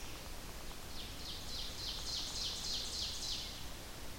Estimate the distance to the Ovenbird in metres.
about 65 m